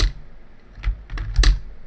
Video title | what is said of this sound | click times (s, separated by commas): CaseyBuilds - Lego City Deep Space Rocket and Launch Control (60228) | okay now this will go down lock into place | 1.4 s